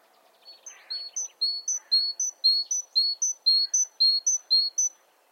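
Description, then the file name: Great tit, after a little rough twittering it repeats a crisp two-note whistled phrase many times in an even rhythm. "Parus major"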